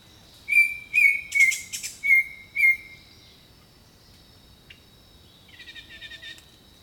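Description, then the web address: Bird song: a series of five bright whistled notes about half a second apart, followed by softer buzzy chirps, over a steady high hum. Jungle birdsong. "Echoes of Nature - Jungle Talk 01 Jungle Birdsong"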